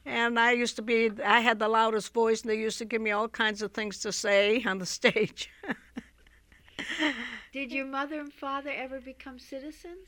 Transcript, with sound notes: And I used to be, I had the loudest voice, and they used to give me all kinds of things to say on the stage. (she laughs)
Did your mother and father ever become citizens?